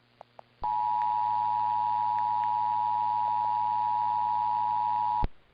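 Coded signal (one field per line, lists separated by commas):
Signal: Emergency Alert System (SAME) tones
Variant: 853 and 960 Hz attention tone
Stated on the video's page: Monthly EAS tests from Riverside/San Bernardino, Victor Valley and San Diego; the San Diego one had no message.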